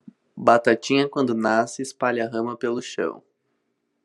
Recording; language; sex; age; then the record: short text; Brazilian Portuguese; male; 20 to 29 years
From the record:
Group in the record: control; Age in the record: 28 years